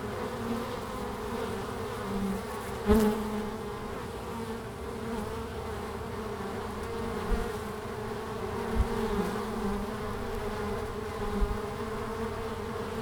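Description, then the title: Honey bees buzzing in a steady, many-voiced hum with two even low tones, broken by a sharp knock near three seconds and a few soft bumps later. Langel, Cologne, Germany, in March at 20 °C; in sunny hours bees fly out in large numbers; recorder lay directly below the hive entrance hole; some bees briefly caught in the windshield fur. "Langel, Köln, Deutschland - Bienen im März. Bees in march"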